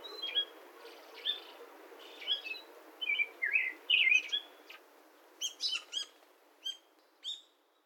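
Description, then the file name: Pale thrush song: short fluty whistled phrases, some slurred and falling, followed by thin high sharp notes, given in separate bursts with pauses between. Recorded 31 March 2022 at Oyaguchi, Saitama. "shirohara 220331 saitama oyaguchi"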